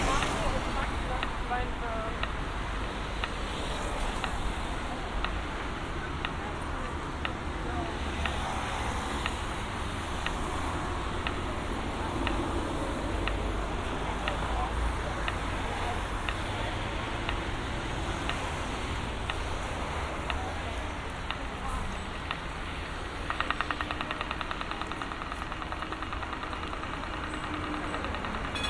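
A binaural field recording from Amsterdam, with a steady dense wash of street noise and low rumble throughout. Faint speech and passing vehicles blend in, with regular sharp ticks roughly every second and a brief louder rattling burst near 23 seconds.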